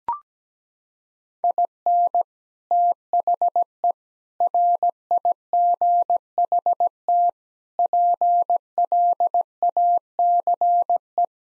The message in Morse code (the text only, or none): IN THE RIGHT PLACE